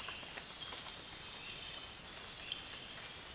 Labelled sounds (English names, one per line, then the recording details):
none
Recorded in dense forest near Puerto Asís, Putumayo, Colombia, on 25 June 2025 at 05:30
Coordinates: 0.468, -76.322
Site GP03